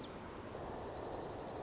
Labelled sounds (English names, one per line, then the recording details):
Dark-eyed Junco
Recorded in Sonoma County, California